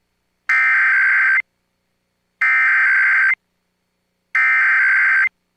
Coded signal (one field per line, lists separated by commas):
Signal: Emergency Alert System (SAME) tones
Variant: header bursts